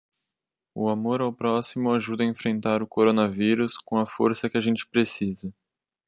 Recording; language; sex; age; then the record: spoken sentence; Brazilian Portuguese; male; 20 to 29 years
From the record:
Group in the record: control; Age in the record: 21 years